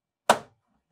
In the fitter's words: support, il se clipse comme ça, il y a pas de vis et on vient clipser dans le bon sens